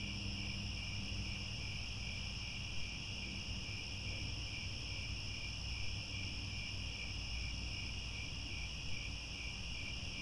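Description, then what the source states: Crickets trilling together without pause, shrill stacked tones and a rapid pulsing beat, backed by a low rumbling hum. Chorus of crickets at twilight, as the sun sets and stars appear.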